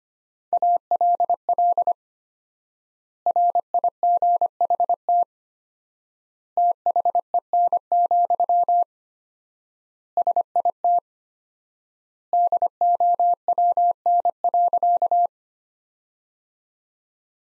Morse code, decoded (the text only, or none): ALL RIGHT THEN, SIT DOWN.